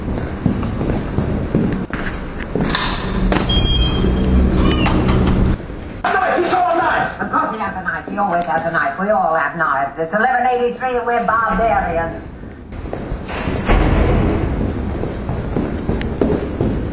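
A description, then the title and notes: Strange alien noises: a dense, rumbling wash opens the clip, with a few shrill, high chirps near three seconds. From about six to twelve seconds, wavering, voice-like warbles rise and bend over a quieter bed, then the heavy rumble returns to the end. This is a collage of sounds I collected in RVA and mixed together in a big bowl until all the lumps were gone.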